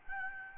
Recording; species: mosquito wingbeat signal from an infrared sensor; Aedes albopictus